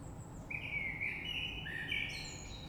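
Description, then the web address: Common blackbird giving a single long, mellow warbled phrase that ends in thin, high twittering notes, over low rumbling noise. Recorded 3 March 2020. "oiseaux Rush Merle 3-3-2020"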